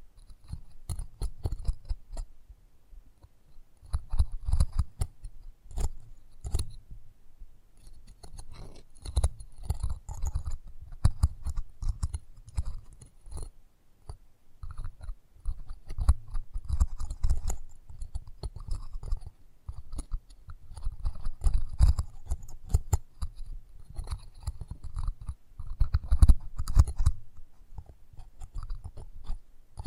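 Close-up ASMR microphone sounds: dense, irregular crackling, tapping and scratching against the mic, with soft chewing-like crunches. Sharp clicks pop out every second or so over a low rumbling thump, with quieter gaps around 3 and 14 seconds and louder bursts near 22 and 26 seconds.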